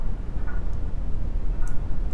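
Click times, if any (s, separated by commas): 1.7 s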